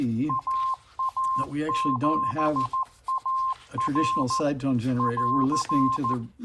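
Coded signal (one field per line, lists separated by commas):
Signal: Morse code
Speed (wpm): 14 wpm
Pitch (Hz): 1050 Hz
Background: speech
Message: AA7AR <AR>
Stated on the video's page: NC40A transceiver on the bench exhibiting odd blips and clicks.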